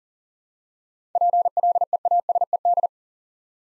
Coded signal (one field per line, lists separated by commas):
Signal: Morse code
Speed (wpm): 42 wpm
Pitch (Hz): 700 Hz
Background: none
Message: PLEASED